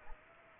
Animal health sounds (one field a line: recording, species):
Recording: mosquito wingbeat signal from an infrared sensor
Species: Aedes aegypti